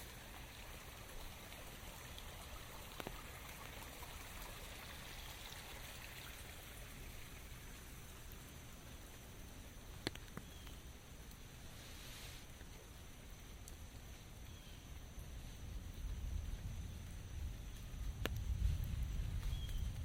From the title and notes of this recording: Relaxing Walk in the Rain, Umbrella and Nature Sounds for Sleep and Relaxation _ 4k ASMR.